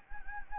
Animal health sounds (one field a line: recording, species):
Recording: mosquito wingbeat signal from an infrared sensor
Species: Anopheles gambiae